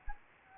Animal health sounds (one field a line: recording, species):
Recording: mosquito wingbeat signal from an infrared sensor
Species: Anopheles gambiae